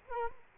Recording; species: mosquito wingbeat signal from an infrared sensor; Culex quinquefasciatus